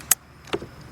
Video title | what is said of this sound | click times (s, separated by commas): Cadillac CTS SRX Buick Enclave Chevy Equinox Camaro GMC Acadia Saturn Outlook Pontiac G8 P0496 | and that's all you have to do is push this one in till it snaps | 0.1 s